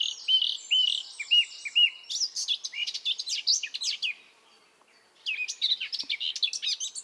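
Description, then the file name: Eurasian blackcap song: a string of repeated rising whistled notes, a jumbled warble, a short silence, then more hurried warbling. "Sylvia atricapilla"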